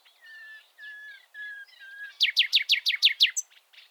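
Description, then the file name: Common nightingale song: several drawn-out low whistles, then a loud rapid series of sharp repeated notes ending in a brief high note. "Luscinia megarhynchos"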